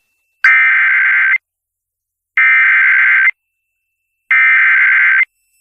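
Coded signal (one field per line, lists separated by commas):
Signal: Emergency Alert System (SAME) tones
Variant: header bursts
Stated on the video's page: Valid severe thunderstorm EAS tones captured from weather radio WXK26 and FM stations for Mirando City, Oilton and Laredo, Texas.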